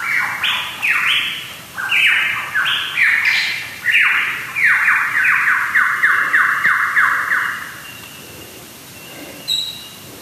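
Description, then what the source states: Lyrebird song: a run of loud, clear whistled notes, each sliding downward, delivered in quick rising and falling phrases, then a faster even series fading out. Listener recording by Ed Bristow, Nadjin Nature Reserve, southern New South Wales.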